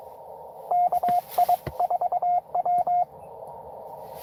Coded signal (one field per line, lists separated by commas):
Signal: Morse code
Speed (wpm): 23 wpm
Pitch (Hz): 710 Hz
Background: radio noise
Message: KI4W